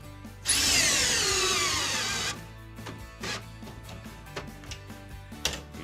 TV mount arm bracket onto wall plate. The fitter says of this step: Listen for the click. There it is.